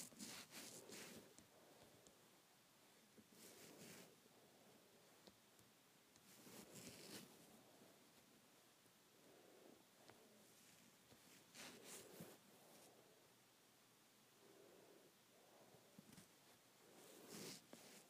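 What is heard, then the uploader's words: Hair being handled and rubbed, with soft bursts of rustling and crackling every couple of seconds over a quiet, steady hiss. ASMR Hair Play.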